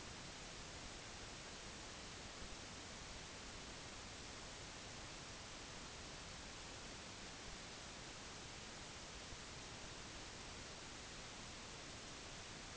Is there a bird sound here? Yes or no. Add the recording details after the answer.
no. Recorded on Arctic tundra, site NAIT-1, on 25 June 2019. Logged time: 10:00